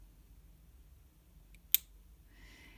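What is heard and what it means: A plastic piston end cap is screwed back onto the barrel of a Lanbitou 3059 black EF piston-filler fountain pen, and it seats with one sharp, loud click at 1.7 s. A faint tick comes just before it at 1.6 s, over quiet low background noise. Soft hiss follows near the end.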